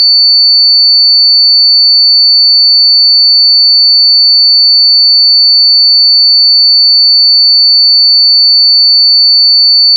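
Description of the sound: Steady, unbroken, high-pitched pure tone near 4500 Hz, a reference tone for determining and matching the pitch of tinnitus.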